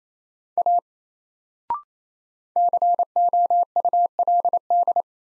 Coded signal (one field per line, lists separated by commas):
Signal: Morse code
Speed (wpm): 28 wpm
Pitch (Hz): 700 Hz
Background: none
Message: A COULD